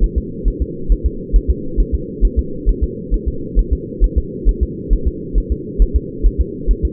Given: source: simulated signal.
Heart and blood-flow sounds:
fetal heart sounds
0.04 s: S1
0.18 s: S2
0.48 s: S1
0.62 s: S2
0.92 s: S1
1.06 s: S2
1.36 s: S1
1.50 s: S2
1.80 s: S1
1.95 s: S2
2.25 s: S1
2.39 s: S2
2.69 s: S1
2.83 s: S2
3.14 s: S1
3.28 s: S2
3.59 s: S1
3.73 s: S2
4.04 s: S1
4.18 s: S2
4.49 s: S1
4.63 s: S2
4.93 s: S1
5.08 s: S2
5.38 s: S1
5.52 s: S2
5.82 s: S1
5.96 s: S2
6.26 s: S1
6.41 s: S2
6.71 s: S1
6.85 s: S2
From the record:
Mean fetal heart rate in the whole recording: 135 bpm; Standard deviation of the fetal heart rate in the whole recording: 3 bpm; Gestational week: 36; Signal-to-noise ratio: -4.3 dB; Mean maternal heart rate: 72 bpm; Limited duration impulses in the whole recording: absent

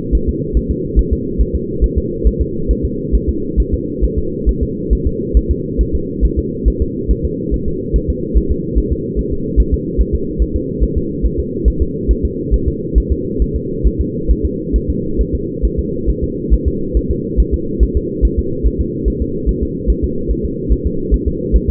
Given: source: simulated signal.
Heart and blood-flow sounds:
fetal heart sounds
0.15 s: S1
0.29 s: S2
0.57 s: S1
0.71 s: S2
0.99 s: S1
1.13 s: S2
1.41 s: S1
1.55 s: S2
1.84 s: S1
1.98 s: S2
2.27 s: S1
2.41 s: S2
2.71 s: S1
2.85 s: S2
3.15 s: S1
3.29 s: S2
3.60 s: S1
3.74 s: S2
4.04 s: S1
4.19 s: S2
4.49 s: S1
4.63 s: S2
4.93 s: S1
5.07 s: S2
5.37 s: S1
5.51 s: S2
5.81 s: S1
5.95 s: S2
6.25 s: S1
6.39 s: S2
6.68 s: S1
6.82 s: S2
7.11 s: S1
7.25 s: S2
7.54 s: S1
7.68 s: S2
7.96 s: S1
8.10 s: S2
8.37 s: S1
8.52 s: S2
8.78 s: S1
8.92 s: S2
9.19 s: S1
9.33 s: S2
9.60 s: S1
9.74 s: S2
10.01 s: S1
10.15 s: S2
10.42 s: S1
10.56 s: S2
10.84 s: S1
10.98 s: S2
11.26 s: S1
11.40 s: S2
11.68 s: S1
11.82 s: S2
12.11 s: S1
12.25 s: S2
12.54 s: S1
12.68 s: S2
12.98 s: S1
13.12 s: S2
13.42 s: S1
13.56 s: S2
13.87 s: S1
14.01 s: S2
14.31 s: S1
14.45 s: S2
14.76 s: S1
14.90 s: S2
15.21 s: S1
15.35 s: S2
15.65 s: S1
15.79 s: S2
16.10 s: S1
16.24 s: S2
16.54 s: S1
16.68 s: S2
16.97 s: S1
17.11 s: S2
17.40 s: S1
17.54 s: S2
17.83 s: S1
17.97 s: S2
18.25 s: S1
18.39 s: S2
18.67 s: S1
18.81 s: S2
19.08 s: S1
19.22 s: S2
19.49 s: S1
19.63 s: S2
19.90 s: S1
20.04 s: S2
20.31 s: S1
20.45 s: S2
20.73 s: S1
20.87 s: S2
21.14 s: S1
21.28 s: S2
21.56 s: S1
21.70 s: S2
From the record:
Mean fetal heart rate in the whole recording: 140 bpm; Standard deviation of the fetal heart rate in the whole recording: 2 bpm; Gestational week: 34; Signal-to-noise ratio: -6.6 dB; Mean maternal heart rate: 72 bpm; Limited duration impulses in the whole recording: present

